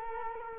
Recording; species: mosquito wingbeat signal from an infrared sensor; Culex quinquefasciatus